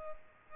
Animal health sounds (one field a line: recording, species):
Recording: mosquito wingbeat signal from an infrared sensor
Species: Culex pipiens